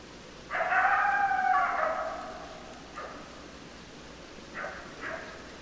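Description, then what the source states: Coyote vocalizing: a long, slightly falling tonal howl followed by three short, faint calls, over steady background hiss. Several coyotes, recorded 10 December 2012.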